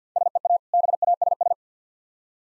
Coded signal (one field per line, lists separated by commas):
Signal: Morse code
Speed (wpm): 50 wpm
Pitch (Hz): 700 Hz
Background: none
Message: SEA BASS